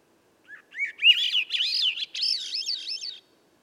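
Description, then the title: Swainson's thrush song, a soft introductory note then a rolling, upward-climbing series of flutelike warbles ending in high quavering notes; otherwise quiet. Singing at dusk by a campsite, about 3 m up in a red alder at a clearing edge among young western hemlock and redcedar; most other birds silent; Sound Devices MixPre6, Pluggy microphone. "A Swainson's Thrush Gift"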